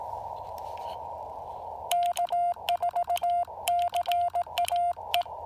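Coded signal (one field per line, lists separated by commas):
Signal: Morse code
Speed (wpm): 18 wpm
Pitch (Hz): 700 Hz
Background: none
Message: K4CAE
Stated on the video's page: POTA park activation using an FT-817ND with an EFT Trail-Friendly antenna.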